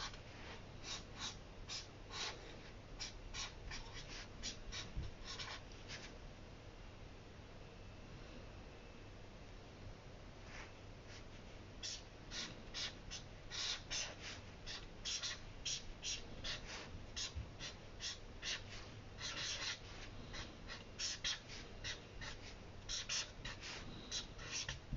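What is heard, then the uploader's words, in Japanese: Someone copies a passage from a book by hand, the pen making quick, short scratching strokes on paper. The strokes come in scattered bursts early on, then grow denser and busier from about twelve seconds. A low, steady hum sits underneath throughout. 本の「はじめに」ないしそれに当たる部分だけを読み、印象に残った一節を書き写しているときの音です。本の「はじめに」だけを読み、印象に残った一節を書き写す。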